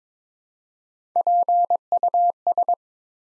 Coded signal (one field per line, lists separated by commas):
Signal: Morse code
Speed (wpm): 22 wpm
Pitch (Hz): 700 Hz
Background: none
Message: PUS